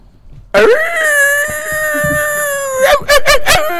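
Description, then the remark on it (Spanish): A man imitates a dog, letting out one long, strained, high-pitched howling yelp and then three quick, sharp barks, loud and with no other sounds around it. “te dejamos que seas tú quien ladre a nuestros 100 followers hoy.”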